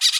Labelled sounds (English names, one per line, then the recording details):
Brown-throated Parakeet contact call
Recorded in Bonaire
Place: just S of turnoff to Cai, near Lac Bay
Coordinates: 12.126, -68.239